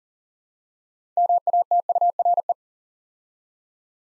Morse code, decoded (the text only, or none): MATURE